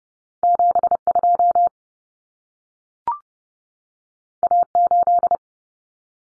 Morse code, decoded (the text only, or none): 72 A8